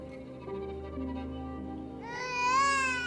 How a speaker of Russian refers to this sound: Дороти берет малыша из кроватки на руки. Чи-чи-чи-чи-чи. Ну все, все, мой хороший. Не плачь.